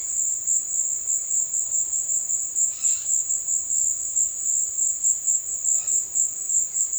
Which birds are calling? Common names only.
Dusky-headed Parakeet